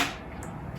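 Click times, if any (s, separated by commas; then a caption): 0.4 s. A bobbin on the winder spindle of a sewing machine is pushed toward the white winder stopper over a low, steady background hum. A short, sharp click at 0.4 s marks the bobbin locking into place against the stopper, so it is seated.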